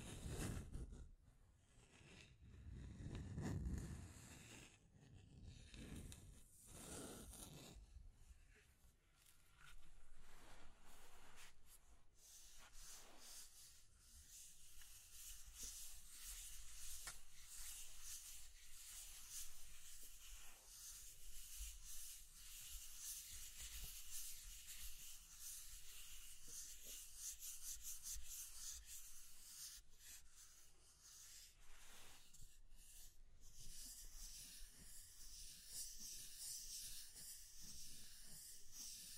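Scratching and tracing sounds rasp and rub continuously, starting with heavier low strokes, then settling into a dense, bright, steady scraping texture.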